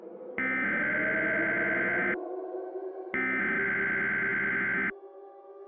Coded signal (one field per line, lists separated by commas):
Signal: Emergency Alert System (SAME) tones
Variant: header bursts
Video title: "NDC" [TORNADO EAS MOCK]